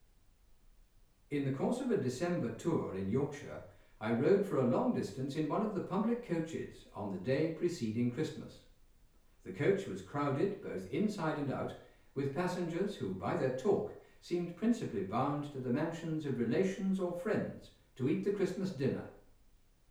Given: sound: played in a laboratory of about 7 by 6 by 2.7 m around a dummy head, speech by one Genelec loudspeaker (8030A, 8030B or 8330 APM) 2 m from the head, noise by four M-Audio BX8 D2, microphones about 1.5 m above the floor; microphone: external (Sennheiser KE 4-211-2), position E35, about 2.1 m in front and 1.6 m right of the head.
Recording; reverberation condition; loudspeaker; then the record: male speech in English; medium; 90 degrees to the left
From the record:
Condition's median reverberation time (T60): about 510 ms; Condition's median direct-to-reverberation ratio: about -0.5 dB